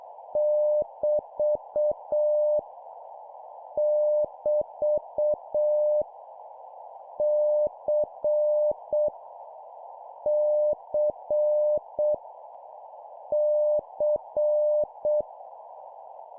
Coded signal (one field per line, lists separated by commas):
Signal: Morse code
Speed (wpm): 7 wpm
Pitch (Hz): 600 Hz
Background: none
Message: <BT> <BT> C C C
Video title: 7wpm Repeat three times Random Letter Number Punctuation, CW morse code Copy Speed improvement